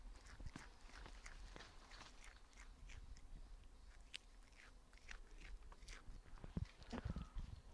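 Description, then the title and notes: Indri munching, soft irregular crunches and clicks of chewing leaf, about two per second, over a low rumbling background. Indri deep in Andasibe forest, Madagascar, munching a Cryptocarya leaf taken from a biologist's hand. "Andasibe forest in Madagascar. Babakoto (Indry Indry) lemur munching on a chriptocariae leaf"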